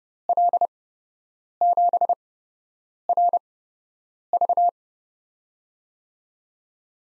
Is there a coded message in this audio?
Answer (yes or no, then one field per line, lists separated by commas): yes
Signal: Morse code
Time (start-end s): 0.3-4.7 s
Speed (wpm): 30 wpm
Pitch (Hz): 700 Hz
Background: none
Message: L7RV